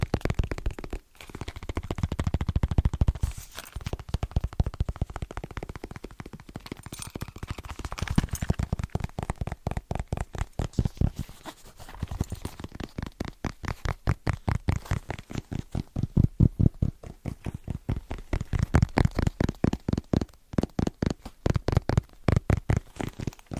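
Fast, rhythmic tapping on assorted objects, with dense rapid strikes running through the whole clip. The taps come in bursts and runs that change speed, with brief pauses near 1 and 12 seconds, and a low thudding body under sharper clicks.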